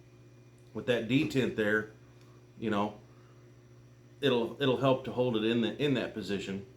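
Someone talks while handling the folding tool arm of a Milwaukee multitool knife, holding it in a position where a dent helps keep it in place before swinging it up to the straight-up position. No click is heard; the steel liner lock has not snapped into place and nothing has seated yet.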